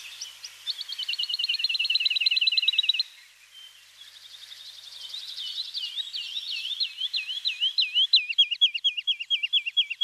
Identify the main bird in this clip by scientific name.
Lullula arborea